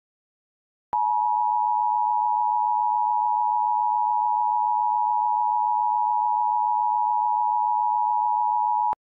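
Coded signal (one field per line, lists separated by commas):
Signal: Emergency Alert System (SAME) tones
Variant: 853 and 960 Hz attention tone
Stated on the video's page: Fictional EAS scenario, not a real alert.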